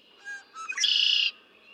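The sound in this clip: Red-winged blackbird singing, soft opening notes followed by a strong buzzing trill lasting about half a second, then quiet.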